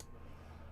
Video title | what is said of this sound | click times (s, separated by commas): 7 Band HF Antenna Switcher 35 - Mechanical Drop Kick - Redesign the Shaft - G7UIV David | It snaps into place. | 0.0 s